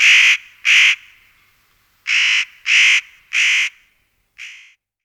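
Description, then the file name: Spotted nutcracker calling with loud, hoarse, grating notes: a pair, a pause, then three in quick succession and a shorter final rasp. "Orzechowka"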